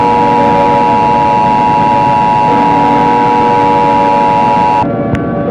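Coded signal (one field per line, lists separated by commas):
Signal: Emergency Alert System (SAME) tones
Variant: 853 and 960 Hz attention tone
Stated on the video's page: Simulated EAS scenario, not a real alert.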